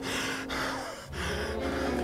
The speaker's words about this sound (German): Gleich darauf höre ich es hinter mir schwer und asthmatisch keuchen.